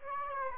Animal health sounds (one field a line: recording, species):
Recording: mosquito wingbeat signal from an infrared sensor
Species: Aedes aegypti